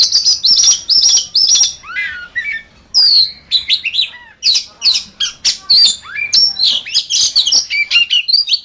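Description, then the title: Oriental magpie-robin song, a rapid, varied stream of whistled notes and sweeping slurs, delivered almost without pause. "Kacer"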